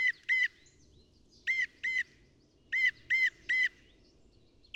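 Northern mockingbird giving short, ringing double and triple notes, the pattern repeated three times, over a low background hiss.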